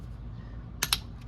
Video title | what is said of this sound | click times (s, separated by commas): Installing the D16 Head | They should click instantaneously. | 0.8 s, 0.9 s